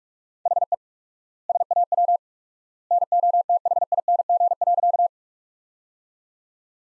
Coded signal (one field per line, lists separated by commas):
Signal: Morse code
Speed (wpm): 42 wpm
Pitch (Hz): 700 Hz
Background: none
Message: HE SAW NOTHING.